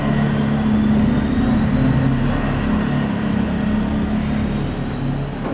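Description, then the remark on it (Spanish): A motorcycle engine runs outside, a steady low droning hum with a slight rise and fall in pitch, holding loud and even for several seconds with no voices. “Están jugando la moto allá afuera.”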